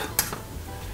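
A retaining pin in the ABS bottom-fishing mount of a Water Wolf HD UW1.1 underwater camera is pulled hard so it breaks away, as it would on a snag. A single sharp snap at 0.2 s, followed by a faint tick, marks the pin popping out. The mount is released.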